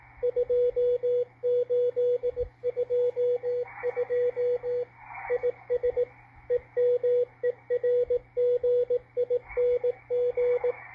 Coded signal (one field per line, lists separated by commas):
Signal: Morse code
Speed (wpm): 18 wpm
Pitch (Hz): 490 Hz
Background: radio noise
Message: 2822 IS EMERGING